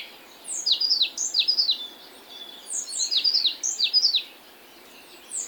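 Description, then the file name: African blue tit song: high, thin descending notes in two quick bursts, with a third just starting at the end. Canary Islands subspecies teneriffae. "Fernand DEROUSSEN - Afrikanskaya lazorevka Cyanistes caeruleus teneriffae"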